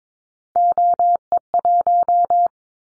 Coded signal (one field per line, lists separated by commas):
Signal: Morse code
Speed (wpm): 22 wpm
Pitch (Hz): 700 Hz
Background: none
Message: OE1